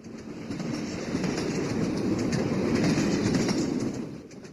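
Freight train wagon wheels clatter in a steady, dense rhythm over a deep rumbling roar that builds, holds loud and then eases off at the end, with no voices, heard from inside an empty freight wagon with strong vibration and the knocking echoing through the empty space.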